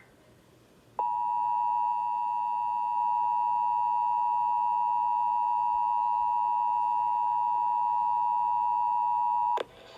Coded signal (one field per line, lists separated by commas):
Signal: Emergency Alert System (SAME) tones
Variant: 853 and 960 Hz attention tone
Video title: (EAS 396) Child Abduction Emergency